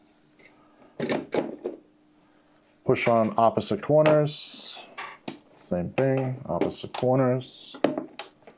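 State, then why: Seated. Someone talks while the plastic push pins of a stock CPU cooler are pressed through the motherboard mounting holes, working on opposite corners. A sharp, loud snap at 8.2 s marks a pin clicking into place, seating the cooler.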